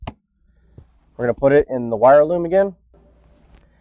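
The stock plastic hose's quick-connect end is pushed onto the fitting on the intake tube of a 2016-18 Camaro SS 6.2L during a Flowmaster Delta Force cold air intake install, and it snaps into place with a sharp click at 0.1 s. A faint tap follows near 0.8 s, then someone talks.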